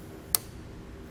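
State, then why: Released. The locking tab on a black wiring harness headlight connector of a 2020 Chevrolet Equinox is pushed upward to unlock it. A single sharp click sounds at 0.35 s, with only a faint tick near 1.1 s after it. The tab releases so the connectors can be disconnected.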